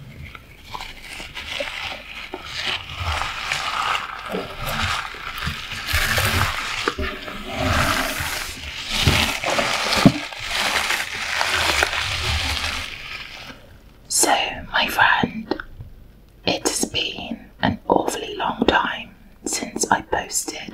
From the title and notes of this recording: Rubber Gloves, in My Kitchen. I'm in my kitchen, wearing rubber gloves.